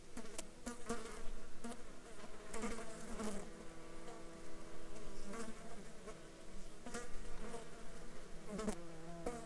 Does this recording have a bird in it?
no